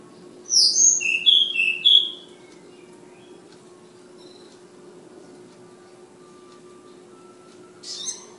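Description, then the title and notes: Flowerpecker song: a rapid string of very high, sharp chirped notes for about a second and a half, then silence and one brief high flourish at the end, with steady hum. Tledekan/sulingan bird called Ababil, from Kudus. "Tledekan/Sulingan ABABIL. Suara Burung Tledekan Ababil dari Kudus"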